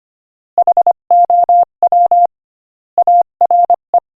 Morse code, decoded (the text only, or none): HOW ARE